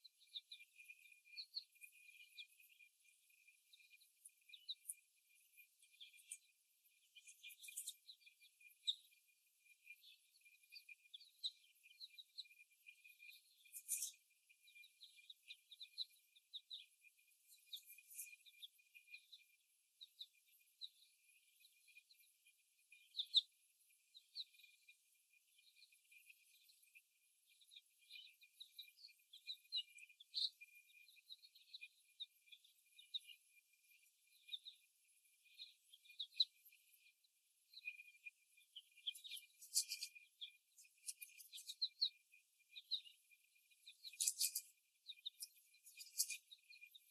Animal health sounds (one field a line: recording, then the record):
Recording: young laying hens in a cage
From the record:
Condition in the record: after the stressor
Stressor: simulated dog barking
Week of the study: 1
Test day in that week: 1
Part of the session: 4